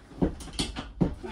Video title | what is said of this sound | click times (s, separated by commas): DIY RV Dinette Mod - Grand Design RV - Cocktail With the Confers | it's locked into place | 0.6 s